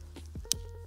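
A tripod leg is moved inward with its fixed-angle lock engaged in the tripod spider/hub. At 0.5 s a sharp, bright click sounds as the angle lock seats at the next angle stop, and faint low hum and soft rustling continue around it. The leg locks into place at the next angle.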